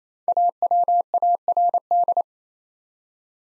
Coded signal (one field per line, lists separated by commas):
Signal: Morse code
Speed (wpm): 27 wpm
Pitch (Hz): 700 Hz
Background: none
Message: AWARD